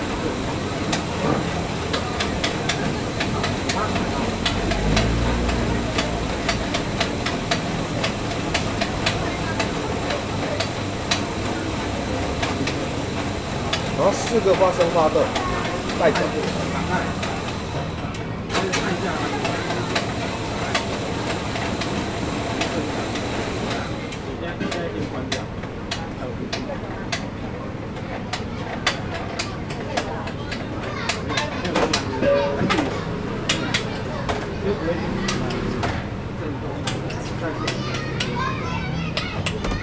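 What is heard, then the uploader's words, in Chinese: At the Keelung Miaokou night market, a dense crowd murmur of overlapping voices runs without pause, with clatter and scattered clicks throughout. Hissing, like steam or frying, fills the first half, then thins after about 24 seconds, leaving sharper clicks and chatter. 基隆廟口夜市沈記泡泡冰。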